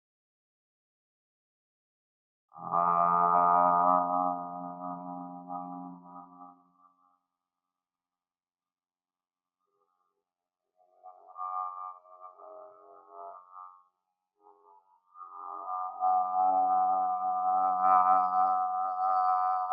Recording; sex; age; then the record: vowel held as long as possible; male; 20 to 29 years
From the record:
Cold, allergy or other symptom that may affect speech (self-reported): no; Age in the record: 29 years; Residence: Illinois, United States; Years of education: 20